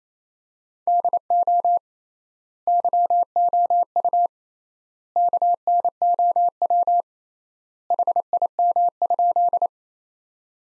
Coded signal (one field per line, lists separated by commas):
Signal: Morse code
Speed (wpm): 28 wpm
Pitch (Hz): 700 Hz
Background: none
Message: DO YOU KNOW HIM?